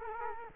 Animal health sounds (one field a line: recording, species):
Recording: mosquito wingbeat signal from an infrared sensor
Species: Culex quinquefasciatus